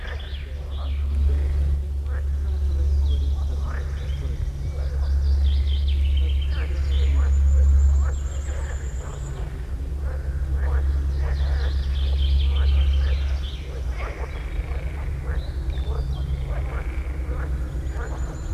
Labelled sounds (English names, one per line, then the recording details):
Edible Frog call
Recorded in the wild
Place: Feldberg - Lüttenhagen, Mecklenburgische Seenplatte, Mecklenburg, DE
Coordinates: 53.3333, 13.3833
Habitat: beech forest
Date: 1976-06-23 17:53
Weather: diesig, 22°C
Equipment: Uher CR 210, Sennheiser MD 421 HL, Verstärker, Reflektor, Kopie Uher 4200
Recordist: Tembrock, Günter